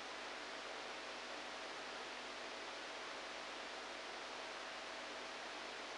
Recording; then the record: brain microelectrode recording played as sound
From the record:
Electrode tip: outside the subthalamic nucleus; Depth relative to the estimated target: 2 mm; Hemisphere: right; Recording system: NeuroSet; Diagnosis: Parkinson's disease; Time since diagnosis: 10 years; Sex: male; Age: 63 years